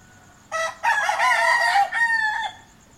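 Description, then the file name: Chicken: one loud, hoarse rooster crow, broken into a brief opening note, a long rasping central section and a drawn-out ending. Morning cockcrows. "morning cockcrows ambience-loop"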